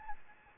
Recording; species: mosquito wingbeat signal from an infrared sensor; Anopheles gambiae